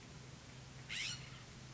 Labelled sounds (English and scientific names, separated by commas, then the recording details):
California Scrub-Jay (Aphelocoma californica)
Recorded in Sonoma County, California